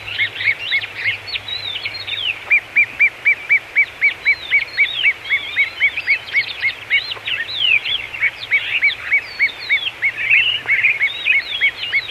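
Great gerbil series of short arched chirps, roughly four a second, over a busy background of twittering birds.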